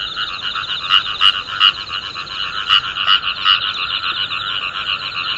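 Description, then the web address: Frog gives scattered sharp croaks, fewer and softer toward the end, while a dense trilling frog chorus fills the background. "tera kaeru"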